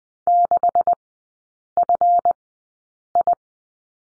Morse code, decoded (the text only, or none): 6FI